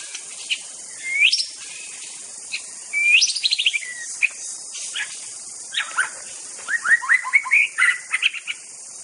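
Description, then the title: White-rumped shama song with rich whistled phrases, rising sweeps and quick chattering notes in varied bursts, against constant high-pitched insect noise. Wild bird from the forest. "Suara burung murai batu asli hutan"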